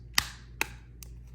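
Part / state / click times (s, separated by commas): plastic rear shell of a game controller snapping onto its frame / seated / 0.2 s, 0.6 s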